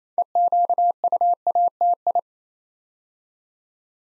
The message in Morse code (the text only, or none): EQUATI